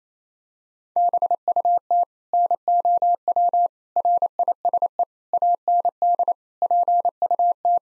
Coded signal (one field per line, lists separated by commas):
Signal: Morse code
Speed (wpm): 28 wpm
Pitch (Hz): 700 Hz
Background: none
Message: BUT NOW RISE AND PUT